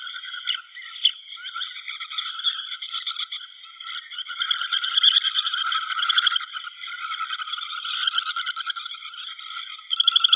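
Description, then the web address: Semipalmated sandpiper flock giving a continuous, dense chatter of overlapping high, buzzy trills and chirps from many birds at once. Flock of birds calling together. "Schulze Peter Semipalmated Sandpiper"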